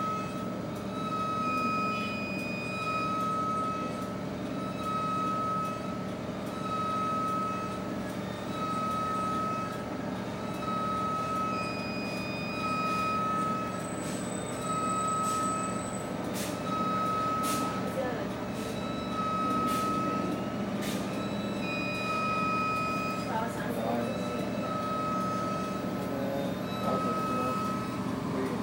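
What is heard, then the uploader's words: A bus engine idles steadily while waiting at lights, a dense low rumble with a constant whining tone and occasional faint clicks and rattles. Bus Idling. Field recording caught while sitting inside a bus which was waiting at the lights.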